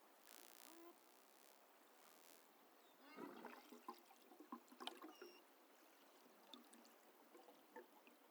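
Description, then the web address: Beluga whale calls: short squeaks, chirps and pulsed clicks, mostly from about 3 seconds on, over constant underwater hiss. Northern Baffin Island, 3 August 2015, 23:23 UTC. "BELUGA Baffin north 20150803"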